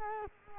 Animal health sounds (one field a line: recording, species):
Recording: mosquito wingbeat signal from an infrared sensor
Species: Culex quinquefasciatus